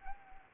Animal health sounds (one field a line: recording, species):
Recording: mosquito wingbeat signal from an infrared sensor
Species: Anopheles arabiensis